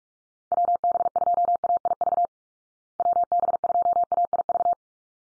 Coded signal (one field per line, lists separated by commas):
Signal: Morse code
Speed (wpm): 44 wpm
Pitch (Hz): 700 Hz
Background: none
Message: WB2AIV WB2AIV